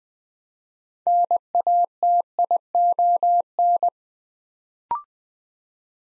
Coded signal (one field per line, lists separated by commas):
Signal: Morse code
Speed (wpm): 20 wpm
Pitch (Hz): 700 Hz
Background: none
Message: NATION